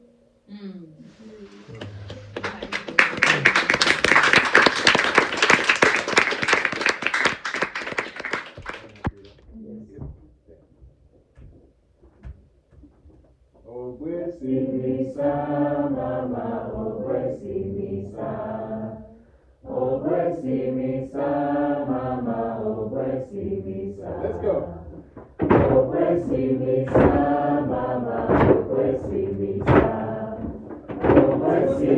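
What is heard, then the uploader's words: Recorded at the bay of Camas Tuath on the Isle of Mull, it opens with about seven seconds of dense, bright crackling and rustling. A short quiet gap follows, then a male voice talks steadily in phrases with brief pauses until the end. Recordings he made in the bay of Camas Tuath on the Isle of Mull, Scotland.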